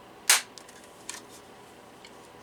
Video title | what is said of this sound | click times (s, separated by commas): Refurbish Uniden TRU9260-3 | I guess they snap in place like that seems awfully particulars that's | 0.3 s, 1.1 s